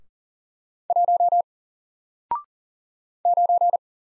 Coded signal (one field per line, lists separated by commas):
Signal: Morse code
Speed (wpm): 40 wpm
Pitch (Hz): 700 Hz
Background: none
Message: 1 9